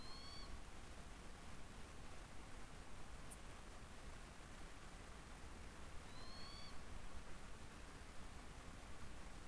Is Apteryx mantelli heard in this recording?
no